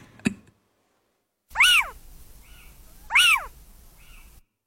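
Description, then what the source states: Little owl calls: two sharp, rising-then-falling mewing notes about a second and a half apart, each followed by a fainter echo-like note, after a brief click. Played back as a test recording.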